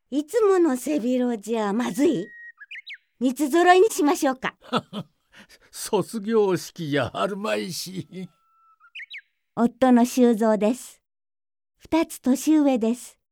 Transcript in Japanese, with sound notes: いつもの背広じゃまずい？三つぞろいにしましょうか？ （笑って） 夫の修造です。２つ年上です。